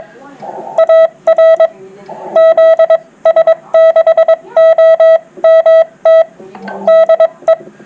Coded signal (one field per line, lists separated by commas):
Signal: Morse code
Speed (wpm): 22 wpm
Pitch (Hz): 650 Hz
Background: speech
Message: AR ZS6OMT DE